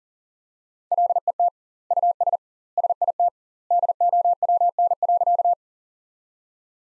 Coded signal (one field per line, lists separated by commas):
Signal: Morse code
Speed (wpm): 37 wpm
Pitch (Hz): 700 Hz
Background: none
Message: LET US SIT DOWN.